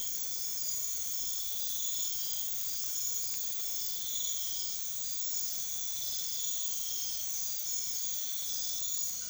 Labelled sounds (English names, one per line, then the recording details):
none
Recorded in secondary vegetation near Puerto Asís, Putumayo, Colombia, on 28 February 2025 at 01:30
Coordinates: 0.500, -76.326
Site GP04